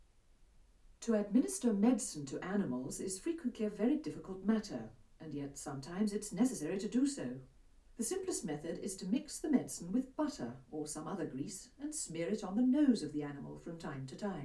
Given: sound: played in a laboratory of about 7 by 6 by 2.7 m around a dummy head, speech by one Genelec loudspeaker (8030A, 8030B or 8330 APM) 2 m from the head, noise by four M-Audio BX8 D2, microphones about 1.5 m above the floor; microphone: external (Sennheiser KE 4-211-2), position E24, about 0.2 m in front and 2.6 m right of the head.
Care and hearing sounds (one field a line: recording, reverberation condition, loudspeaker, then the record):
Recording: female speech in English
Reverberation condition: low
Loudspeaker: 30 degrees to the left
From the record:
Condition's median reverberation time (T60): about 310 ms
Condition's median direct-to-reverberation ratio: about 3.5 dB